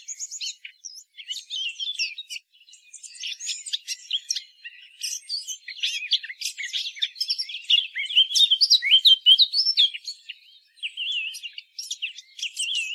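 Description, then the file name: Eurasian blackcap delivering a long, rapid sequence of sharp chirps and warbled whistles, with a few brief pauses. "Sylvia atricapilla"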